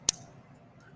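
A plastic model kit part is pushed onto its loose-fitting peg and clicks into its socket with one sharp, loud click at 0.1 s, followed by quiet low background noise. The part is seated.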